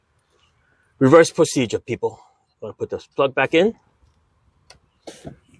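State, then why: Seated. Someone talks, then the wiring harness connector is pushed back onto the newly bolted-down throttle body of a 2014 GMC Acadia 3.6L. A short sharp click at 4.7 s marks the plug locking in place, followed by a softer rustle near 5.1 s. The connector is seated.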